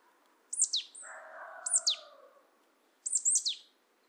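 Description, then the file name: Marsh tit giving sharp high 'pitchoo' notes three times, with a lower nasal buzz between the first and second. "Poecile palustris"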